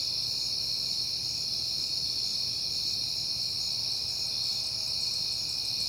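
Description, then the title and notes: Many crickets chirp together in a continuous high trill, rhythm unchanging throughout, over a faint hum. Crickets on a peaceful night in September. "Night Time: Crickets and Passing Cars. It is September and I have been hearing the crickets a lot"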